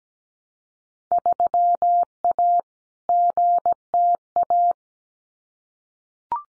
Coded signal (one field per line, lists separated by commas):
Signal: Morse code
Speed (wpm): 17 wpm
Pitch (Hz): 700 Hz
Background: none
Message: 3A GTA